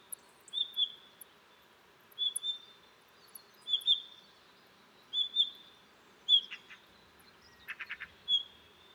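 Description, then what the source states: Blue rock thrush calls: short, thin whistled notes repeated roughly every one and a half seconds, then a few clipped clicking notes near the end. On a cliff in the Dentelles de Montmirail, 12 March 2020, 7:25; alarm calls at daybreak, then sings all morning to mark territory, changing perches; Nagra seven with Telinga pro7.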